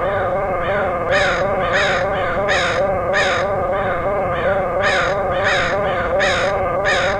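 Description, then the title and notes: Crows cawing in irregular harsh bursts over a steady wavering low droning tone. Crows recorded in Portland, Oregon, in August 2003. "Crows of Portland. Crows recorded by Dan Bodah in Portland, OR, August 2003"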